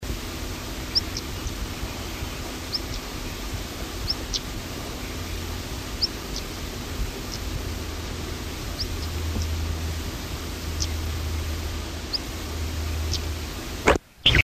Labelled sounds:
European Stonechat call
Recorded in the wild
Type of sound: call
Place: Podersdorf, AT
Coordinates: 47.7364, 16.7706
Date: 1964-05-19
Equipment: Uher Report 4000, AKG D190
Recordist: Krey, Winfried
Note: Lock- oder Warnruf

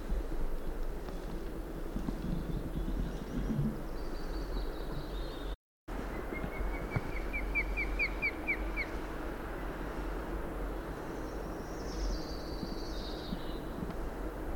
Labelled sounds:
Red Kite call
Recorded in the wild
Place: Serrahn, Mecklenburg-Vorpommern, DE
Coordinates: 53.344, 13.204
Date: 1978-05-13
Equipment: Nagra III BH, Sennheiser MD 21, parabola
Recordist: Schubert, Michael

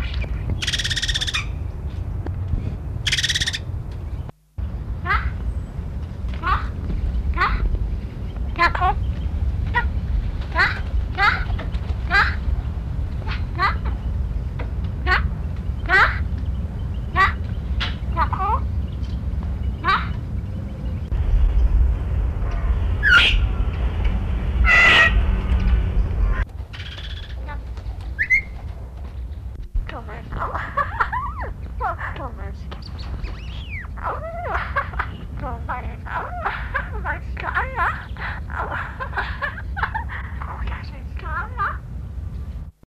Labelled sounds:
Eurasian Magpie call
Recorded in captivity
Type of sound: call
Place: Zoo Hannover, Niedersachsen, DE
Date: 1968-10-30
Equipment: Halbspur, 9,5 cm/s
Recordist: Lütgens, Hans
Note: Zwei Elstern, 9 bis 9:30 Uhr, gelegentlich Altensolo und Kleinvögel

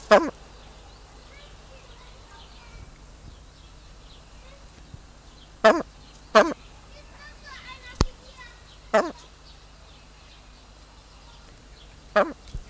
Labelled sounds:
Blue Eared Pheasant call
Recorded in captivity
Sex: pair
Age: adult
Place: Tierpark Berlin, Berlin, DE
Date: 1999-07-31 16:56
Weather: heiter, 26°C
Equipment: Sony WM-D6C, Sennheiser ME 80, Kopie Uher 4000 Report Monitor
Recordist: Tembrock, Günter
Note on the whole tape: Paar: Kurzlaute am Gitter

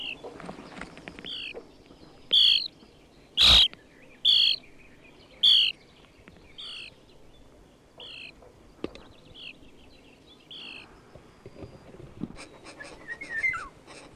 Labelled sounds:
European Starling
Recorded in the wild
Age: adult
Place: Horscha, Sachsen, DE
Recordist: Meyer, Hugo

